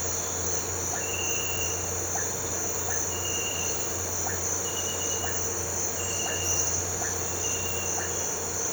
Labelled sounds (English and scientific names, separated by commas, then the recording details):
none
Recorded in pastures near Puerto Asís, Putumayo, Colombia, on 9 March 2025 at 06:30
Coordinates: 0.466, -76.322
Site CSA-02